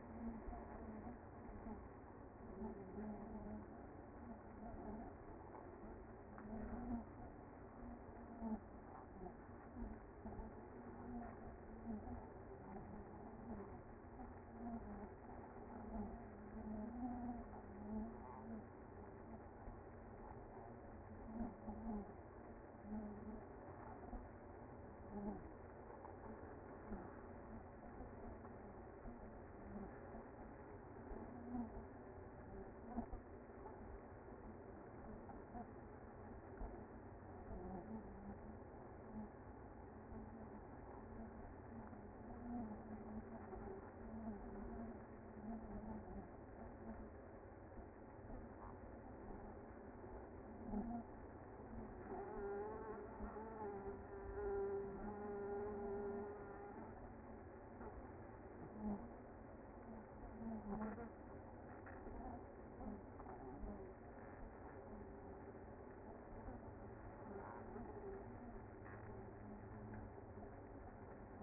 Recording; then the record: honeybee colony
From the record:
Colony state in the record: active